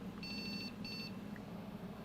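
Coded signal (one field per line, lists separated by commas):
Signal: beep code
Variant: PC motherboard POST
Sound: two quick trills of high beeps, about six then four, then only humming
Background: electrical hum, fan noise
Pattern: 2 bursts of rapid beeps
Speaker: You heard? Trrr, trrr. A sequence of fast beeps in 2 portions.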